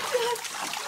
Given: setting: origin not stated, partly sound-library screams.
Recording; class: one-second piece from a danger detection set; woman in danger